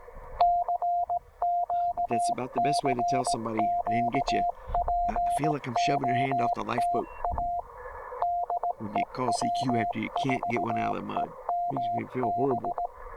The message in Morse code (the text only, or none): CQ CQ POTA DE W4EMB